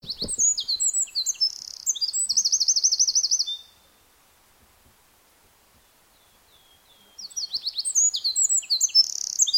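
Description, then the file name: Eurasian wren song, loud rapid high trills and sharp notes for about three and a half seconds, a silent pause, then another burst of fast trilled phrases. "Troglodytes troglodytes"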